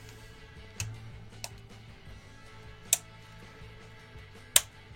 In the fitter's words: clic-clac. Voilà,